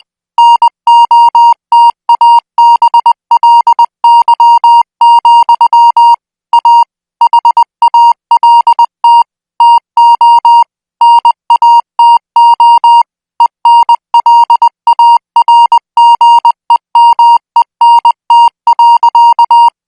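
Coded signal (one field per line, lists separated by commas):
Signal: Morse code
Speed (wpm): 20 wpm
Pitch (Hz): 940 Hz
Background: music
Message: NOTABLY, A HALT TO NATO ENLARGEMENT.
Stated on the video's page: Morse practice signal at 20 words per minute, made for military signal school training.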